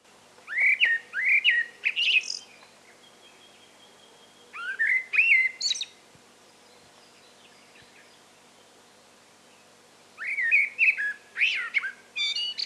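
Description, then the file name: Common blackbird delivering whistled fluty phrases tipped with squeaky high flourishes, in three bursts separated by quiet gaps. "Turdus merula"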